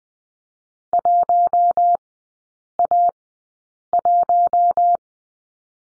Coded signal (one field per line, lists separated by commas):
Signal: Morse code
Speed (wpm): 20 wpm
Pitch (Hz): 700 Hz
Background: none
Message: 1A1